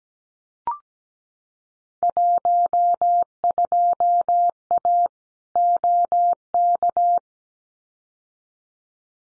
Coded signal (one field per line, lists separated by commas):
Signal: Morse code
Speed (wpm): 17 wpm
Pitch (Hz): 700 Hz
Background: none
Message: 12A OK